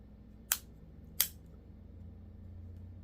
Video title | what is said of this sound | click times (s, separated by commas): Installing Otterbox Defender case on iPhone 16 Pro Max | and the snapping you were hearing was these where the arrows were. | 0.5 s, 1.2 s